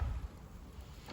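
A newly installed kitchen cabinet door is being handled against its cabinet frame, with its hinge or catch. There is low rumbling thumping at the start, then quiet handling noise. Nothing has seated or clicked yet.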